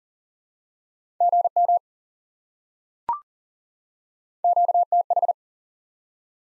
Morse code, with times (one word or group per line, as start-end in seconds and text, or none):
1.2-1.8 GM
4.4-5.3 QTH